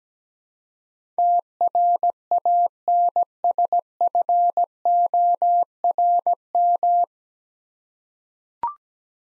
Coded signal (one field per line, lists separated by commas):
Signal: Morse code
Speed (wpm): 17 wpm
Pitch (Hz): 700 Hz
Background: none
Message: TRANSFORM